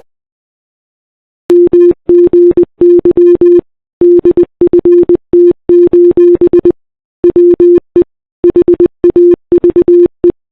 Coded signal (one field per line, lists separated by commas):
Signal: Morse code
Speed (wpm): 19 wpm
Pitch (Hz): 350 Hz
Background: none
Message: MGY DFT: WE HAVE